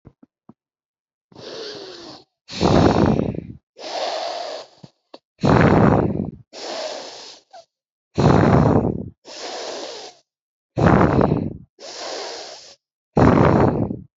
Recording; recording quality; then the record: deep breathing; excellent, no background noise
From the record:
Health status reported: healthy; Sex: female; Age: 24 years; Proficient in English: yes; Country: United States